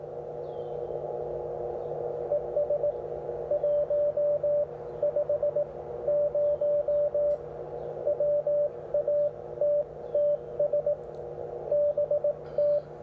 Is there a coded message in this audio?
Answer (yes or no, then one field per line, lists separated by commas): yes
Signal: Morse code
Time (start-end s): 2.3-12.8 s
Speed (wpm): 18 wpm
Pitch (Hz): 590 Hz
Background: radio noise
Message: ES 150 WATTS BT